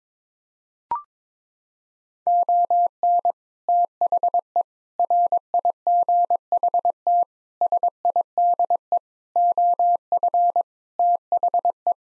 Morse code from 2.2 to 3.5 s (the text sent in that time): ON